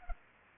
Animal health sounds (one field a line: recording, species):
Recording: mosquito wingbeat signal from an infrared sensor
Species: Culex pipiens